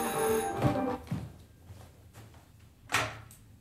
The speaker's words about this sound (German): Mitten hinein in die Erkennungsmelodie des texanischen Schurkenmelodrams klingelte das Telefon.